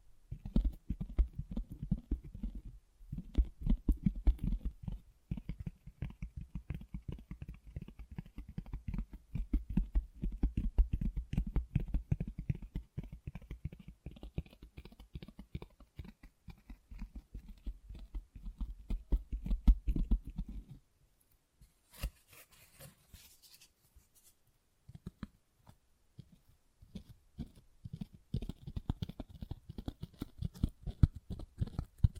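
Dense, quick tapping and scratching runs steadily for twenty seconds with a low thump under it, pauses briefly, then resumes as lighter, sparser tapping.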